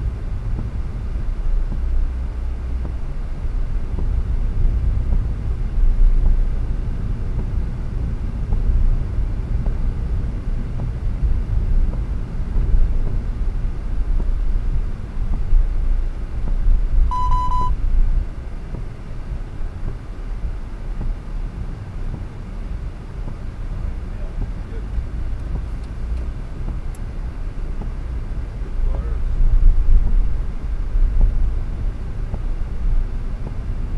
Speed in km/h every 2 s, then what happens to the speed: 35, 44, 49, 48, 50, 50, 48, 37, 23, 18, 19, 19, 25, 36, 39, 40, 38.
0-4 speeds up to 49. 4-11 steady at about 49. 11-17 brakes to 18. 17-22 steady at about 19. 22-28 speeds up to 39. 28-34 steady at about 39.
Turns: 18-24.